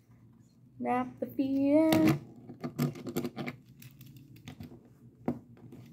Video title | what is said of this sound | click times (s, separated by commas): Bumblebee toy | there we go you have to hear that click | 5.3 s